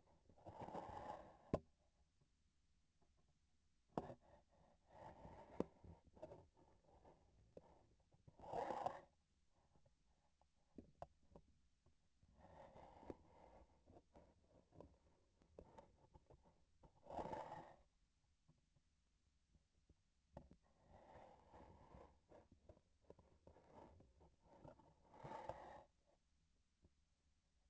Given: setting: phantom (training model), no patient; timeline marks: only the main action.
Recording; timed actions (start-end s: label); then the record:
laparoscopic instrument, vibration sensor on the handle end
6.46-7.95 s: palpation
15.29-16.68 s: palpation
22.97-24.94 s: palpation
From the record:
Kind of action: gesture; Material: synthetic tissue